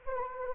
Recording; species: mosquito wingbeat signal from an infrared sensor; Anopheles arabiensis